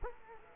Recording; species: mosquito wingbeat signal from an infrared sensor; Culex quinquefasciatus